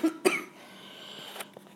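Two short, forceful coughs come about a quarter second apart, then near silence with a couple of faint small sounds. It is an adult's productive cough during a severe case of acute bronchitis, confirmed by chest X-ray with no pneumonia and treated with an inhaler, with phlegm in the chest loosening and coming up.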